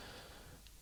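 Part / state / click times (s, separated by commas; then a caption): display flex cable connector into phone logic board socket / not seated / none. A display flex cable connector is pressed by feel toward its logic board socket inside an iPhone 6S. Only a quiet, steady hiss and faint handling noise are heard, with one tiny soft tick around 0.7 s. Nothing has seated or clicked yet.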